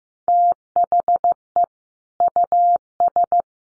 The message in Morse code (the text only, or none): THE US